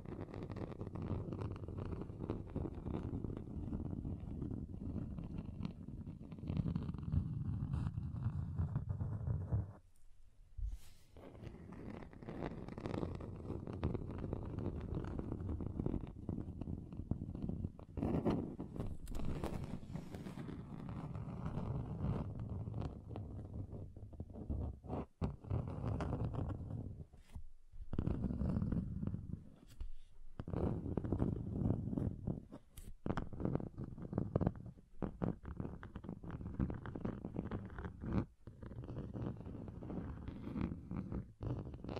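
Table scratching across different surfaces, a dense low rasping that runs steadily, broken by brief silent gaps near 10, 25, 28 and 38 seconds.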